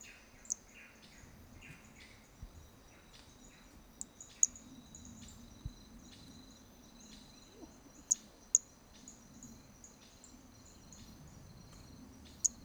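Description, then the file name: Hermogenes's toadlet calling with sharp, very high clicks, single or in pairs, roughly every four seconds. Fainter ticks fall between them over a constant buzzing insect background. Recorded on the Trilha do Ipiranga in 2021; individual number 2; the first three notes of the call are missing. "Brachy hermogenesi Trilha do Ipiranga ind 2 three starting notes lost"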